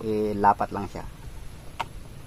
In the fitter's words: so ito ay lumubog Kasi kapag lumubog yan ibig sabihin naka-lock na